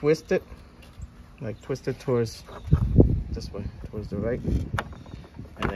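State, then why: Released. Someone talks while twisting the plastic turn-signal bulb socket to the right in the tail lamp housing of a Cadillac CT4. At 5.7 seconds a short, sharp pop is heard as the socket releases and comes out of the rear of the lamp housing.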